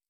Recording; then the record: hydrophone in a shrimp aquaculture tank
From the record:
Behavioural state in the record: stressed